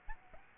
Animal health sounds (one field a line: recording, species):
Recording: mosquito wingbeat signal from an infrared sensor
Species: Aedes albopictus